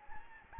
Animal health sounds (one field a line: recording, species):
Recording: mosquito wingbeat signal from an infrared sensor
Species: Anopheles gambiae